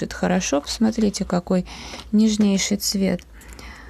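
Someone talks while handling the plastic cap of an alcohol felt-tip marker that had dried out from apparently being closed badly, with faint handling noises near 3.5 to 3.6 seconds. The cap has not yet seated or snapped onto the marker body.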